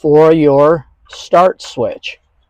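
Someone talks while handling the start switch wiring harness connector of a Bronco, which is about to be pressed back into its socket behind the center stack. The connector hasn't snapped in yet, and nothing has seated.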